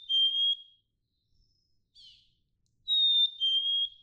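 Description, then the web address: Black-capped chickadee song: the end of one whistled phrase, a brief faint chirp, then a full two-note phrase, a higher note dropping to a slightly lower one. "birdsongforthecurious Black-capped Chickadee"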